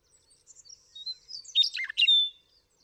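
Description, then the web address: Western meadowlark song: thin high whistled notes build into a loud, tumbling, flutelike jumble, then end on a clear sustained whistle. "birdsongforthecurious Western Meadowlark"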